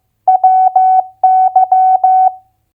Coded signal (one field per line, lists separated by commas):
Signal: Morse code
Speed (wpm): 15 wpm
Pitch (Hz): 750 Hz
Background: none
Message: WY